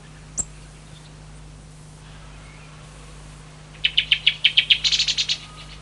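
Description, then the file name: Song thrush song: after a quiet stretch and one sharp click, a single phrase of a quickly repeated, piping note, rising to brighter notes at the end. "drozd pevchij"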